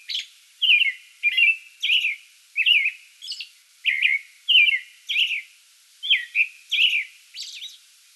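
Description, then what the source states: American robin song: a steady run of short, clear, slurred caroling phrases, about a dozen in eight seconds, with a few thin high squeaky notes mixed in. Song bout, 2022-05-08, edited.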